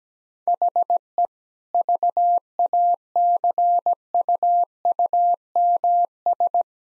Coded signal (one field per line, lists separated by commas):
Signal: Morse code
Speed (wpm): 17 wpm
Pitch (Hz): 700 Hz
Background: none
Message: HE VACUUMS